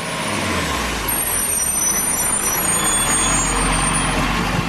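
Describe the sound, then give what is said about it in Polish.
Heavy trucks arrive at a new beach resort being built in northern Jamaica in 2008: a heavy truck engine rumbles steadily, with thin high-pitched brake squeals and a hiss of air brakes riding over the loud, continuous road noise. No voices are heard. “Zanim kurort zostanie otwarty, na miejscu pojawią się ciężarówki.”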